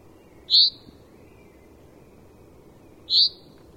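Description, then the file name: Common Chaffinch repeating a brief, high, slightly downslurred note twice, roughly two and a half seconds apart, against a quiet hiss. "Fringilla coelebs"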